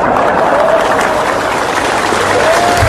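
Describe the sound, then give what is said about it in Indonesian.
A crowd claps loudly and steadily, a dense wash of applause that holds at full strength for the whole few seconds, with faint whistle-like tones rising briefly through it. “Lu tepuk tangan sing banter.”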